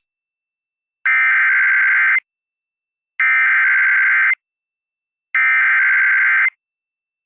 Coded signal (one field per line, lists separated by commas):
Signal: Emergency Alert System (SAME) tones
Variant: header bursts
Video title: EAS- Severe Thunderstorm Warning (SVR) KMJ-AM (Kings, Tulare, Fresno Counties, CA)